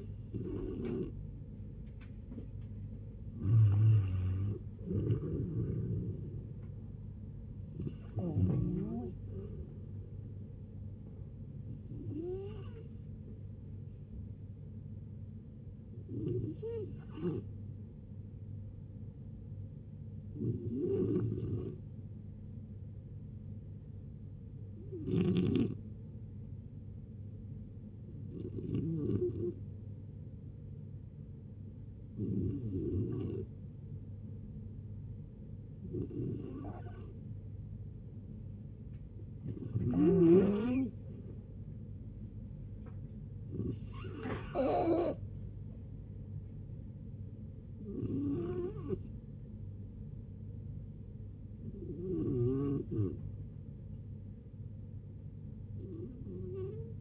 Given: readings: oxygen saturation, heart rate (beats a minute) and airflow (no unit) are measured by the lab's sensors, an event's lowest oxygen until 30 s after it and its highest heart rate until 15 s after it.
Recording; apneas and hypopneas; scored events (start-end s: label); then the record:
a person awake in a sleep study, by a smartphone at the bedside; none
0.00-57.01 s: awake
0.00-57.01 s: awake
From the record:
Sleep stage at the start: awake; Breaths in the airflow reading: 19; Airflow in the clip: -0.6 to 0.8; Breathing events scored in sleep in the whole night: 496 in 5.4 hours asleep